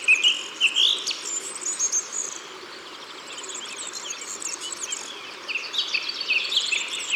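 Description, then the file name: Song thrush song: high, varied phrases in bursts, louder at the start and end, with other sounds behind. Recorded in Ardèche, France. "Grive-Musicienne-Concerts-Naturels-De-l Ardeche"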